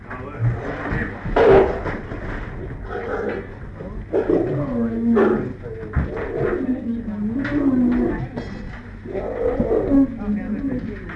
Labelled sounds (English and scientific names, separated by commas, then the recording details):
Lion (Panthera leo) call
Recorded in captivity
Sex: male
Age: adult
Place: Tierpark Berlin, Berlin, DE
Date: 1959-07-24
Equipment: Smaragd
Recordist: TSA